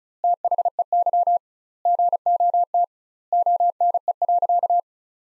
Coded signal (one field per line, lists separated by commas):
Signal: Morse code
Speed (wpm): 36 wpm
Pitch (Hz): 700 Hz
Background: none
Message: THEY GOT ONE.